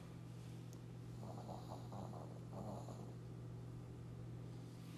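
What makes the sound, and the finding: Sleeping dog. Snoring.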